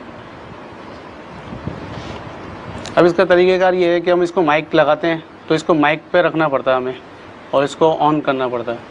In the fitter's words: सही तो है, ये उसमें लॉक की आवाज़ भी आती है। सही है। ये ले लेकर बैठ जाएगा तो इसकी लॉक की आवाज़ आएगी।